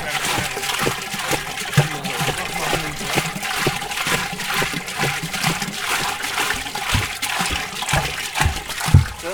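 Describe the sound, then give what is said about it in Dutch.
The last drops of water trickle and splash steadily, with irregular small drips and plinks popping out over a continuous hiss of running liquid for several seconds. “Zo, nou, tot de laatste druppel.”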